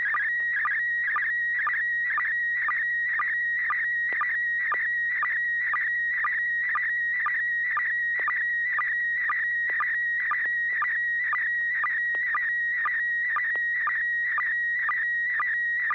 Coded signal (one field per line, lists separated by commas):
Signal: SSTV (slow-scan television)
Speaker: you got hit by the the repeater ID um we're GNA go to Joel this time ai6 DG uh Joel tell us what you think very clean reception